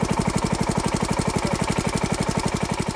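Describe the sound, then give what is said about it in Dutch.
A small engine-driven water pump, one of a few a village set up at a river to irrigate rice fields through long hoses, chugs steadily, its rapid, even pulsing low and throbbing with a buzzy mechanical hum over the top, loud and continuous with no voices. “Hoe het mogelijk is dat dat kan, is omdat ze pompen gebruiken om sommige velden toch te irrigeren.”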